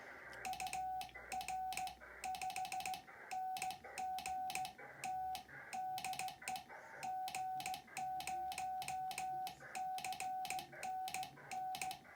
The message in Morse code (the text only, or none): UR5NGT DE G0CNN